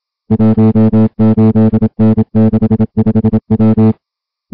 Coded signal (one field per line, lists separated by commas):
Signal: Morse code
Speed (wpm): 27 wpm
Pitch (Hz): 220 Hz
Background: music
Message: 18N65W